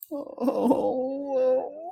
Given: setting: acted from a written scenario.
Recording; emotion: vocal sound without words; sadness